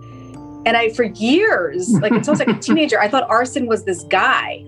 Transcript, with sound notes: And I for YEARS (chucking), like until I was a teenager. I thought arson was this guy!